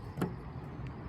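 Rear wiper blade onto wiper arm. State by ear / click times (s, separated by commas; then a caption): seated / 0.2 s. A new rear windshield wiper blade is placed on the wiper arm and pushed until it snaps into place, with a sharp click at 0.2 s. A fainter tick follows around 0.9 s over a low background hum, and the blade is seated on the arm.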